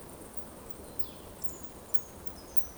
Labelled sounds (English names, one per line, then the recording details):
Eurasian Woodcock whistle
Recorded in Baden-Württemberg, Germany, on 23 June 2020 at 20:21 UTC
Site 14569, 102 m above sea level